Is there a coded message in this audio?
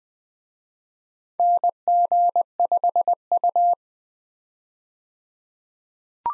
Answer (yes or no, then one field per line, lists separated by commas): yes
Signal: Morse code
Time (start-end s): 1.4-3.7 s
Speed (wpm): 20 wpm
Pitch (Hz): 700 Hz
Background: none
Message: NG5U